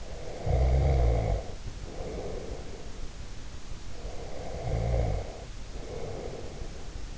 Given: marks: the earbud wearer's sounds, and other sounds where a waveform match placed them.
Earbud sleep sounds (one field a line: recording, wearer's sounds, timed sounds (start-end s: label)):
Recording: sounds in sleep by an in-ear microphone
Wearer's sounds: snoring breath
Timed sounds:
0.00-3.09 s: snoring breath
3.92-7.09 s: snoring breath